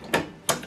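A red (magenta) plastic ink cartridge is pushed into its slot in the printhead carriage of an HP OfficeJet 8015e printer until it latches. A bright plastic tap is heard at 0.1 s, then the sharp latching click at 0.5 s, followed by softer ticks near 0.6 and 0.7 s. The cartridge is seated.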